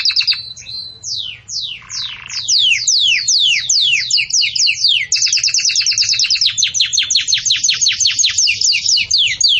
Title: Canto Do Canário Belga Campainha Para Encarte De Filhotes